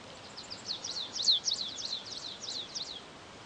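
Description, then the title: Stripe-tailed yellow finch singing a quick run of sharp, high chirps and slurred notes, one louder note midway, over quiet background. Nominate subspecies, Sicalis citrina citrina. "LuckyPassaro Completos2Sama. Stripe-tailed Yellow Finch"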